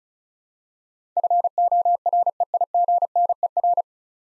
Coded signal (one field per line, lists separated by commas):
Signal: Morse code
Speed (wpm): 36 wpm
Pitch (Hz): 700 Hz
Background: none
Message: FOREIGNER